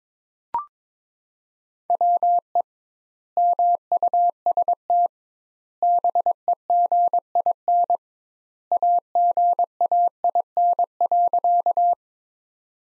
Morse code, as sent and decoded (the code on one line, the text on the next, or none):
.-- . / -- ..- ... - / -... . --. .. -. / .- --. .- .. -. .-.-.-
WE MUST BEGIN AGAIN.